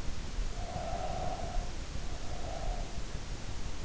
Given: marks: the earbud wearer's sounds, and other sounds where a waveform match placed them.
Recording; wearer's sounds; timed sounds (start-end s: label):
sounds in sleep by an in-ear microphone; breath
0.55-3.26 s: breath